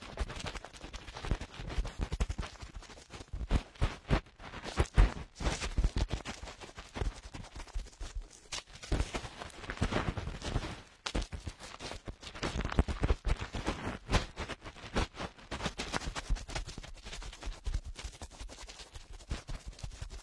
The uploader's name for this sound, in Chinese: 棉棒清理你耳朵里的脏东西